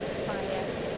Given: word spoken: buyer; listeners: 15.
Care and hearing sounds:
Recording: one English word in noise, from a listening test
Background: speech-shaped noise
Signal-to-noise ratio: -6.2 dB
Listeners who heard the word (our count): 2 of 15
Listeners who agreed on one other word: 9 of 15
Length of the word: 0.57 s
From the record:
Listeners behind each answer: 9, 2, 1, 1, 1, 1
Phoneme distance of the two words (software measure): 10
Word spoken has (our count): 2 syllables, 3 phonemes, stress on syllable 1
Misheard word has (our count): 2 syllables, 3 phonemes, stress on syllable 1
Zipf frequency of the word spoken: 4.13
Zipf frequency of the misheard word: 5.18

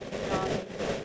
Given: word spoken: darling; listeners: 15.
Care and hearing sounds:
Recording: one English word in noise, from a listening test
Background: noise modulated by three-talker babble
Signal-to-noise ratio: -6.4 dB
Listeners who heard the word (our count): 1 of 15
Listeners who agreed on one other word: 6 of 15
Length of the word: 0.65 s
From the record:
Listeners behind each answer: 6, 1, 1, 1, 1, 1, 1, 1, 1, 1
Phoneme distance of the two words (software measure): 37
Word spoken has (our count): 2 syllables, 5 phonemes, stress on syllable 1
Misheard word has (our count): 2 syllables, 4 phonemes, stress on syllable 1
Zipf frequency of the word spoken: 4.82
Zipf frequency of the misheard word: 5.28

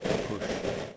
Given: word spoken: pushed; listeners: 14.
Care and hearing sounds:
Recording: one English word in noise, from a listening test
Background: noise modulated by three-talker babble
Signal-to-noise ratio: -7.7 dB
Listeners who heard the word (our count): 2 of 14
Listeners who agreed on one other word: 11 of 14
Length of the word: 0.57 s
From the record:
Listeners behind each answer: 11, 2, 1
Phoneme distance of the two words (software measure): 7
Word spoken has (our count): 1 syllable, 4 phonemes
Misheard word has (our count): 1 syllable, 3 phonemes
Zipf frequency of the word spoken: 4.51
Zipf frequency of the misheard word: 4.92

